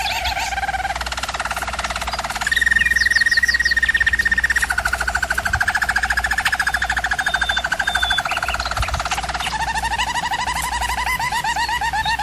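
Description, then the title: German Roller canary with deep rolled trills, a brighter sustained tour in the middle and a rapid pulsing roll at the end, over a low, steady hum. German Roller canary singing, for canary training. "German Roller Canary Singing - Canary Training Vid"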